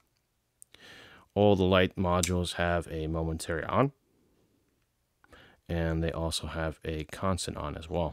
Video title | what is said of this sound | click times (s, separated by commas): Victorinox 91mm Lite - Light Modules | catch that latch that hook so it clicks into place | 0.6 s